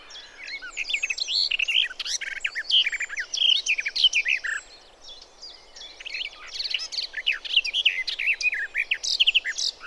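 Garden warbler song pouring out in fast, rich, bubbling warbled phrases, nearly continuous with brief pauses.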